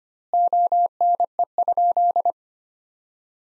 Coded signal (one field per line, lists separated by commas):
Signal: Morse code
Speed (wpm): 25 wpm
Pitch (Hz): 700 Hz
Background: none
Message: ONE?